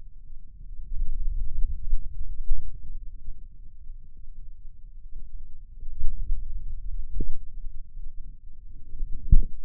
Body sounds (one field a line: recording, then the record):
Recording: forearm muscle sounds (acoustic myography)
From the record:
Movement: pen grasping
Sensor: system 2, bracelet of six BSWA MPA416 microphones around the upper forearm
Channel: 1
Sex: male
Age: 22 years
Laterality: right